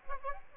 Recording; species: mosquito wingbeat signal from an infrared sensor; Aedes aegypti